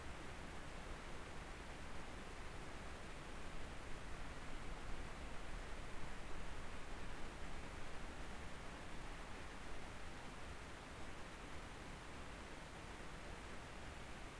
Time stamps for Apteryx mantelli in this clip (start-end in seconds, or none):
none